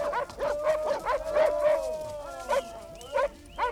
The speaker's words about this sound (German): Glück und Erschöpfung in den Mienen hoben die Jäger den alten Wolf, den sie gefangen und gefesselt hatten, auf ein Pferd und brachten ihn so von den winselnden Hunden begleitet zum Sammelplatz.